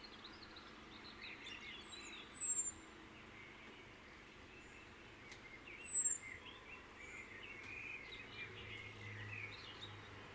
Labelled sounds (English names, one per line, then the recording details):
Common Blackbird
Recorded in the wild
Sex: male
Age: adult
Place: Kaiserslautern, Rheinland-Pfalz, DE
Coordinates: 49.4247, 7.77889
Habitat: garden
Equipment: Nagra IV, Sennheiser MKH 405, Parabolreflektor
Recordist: Tretzel, Erwin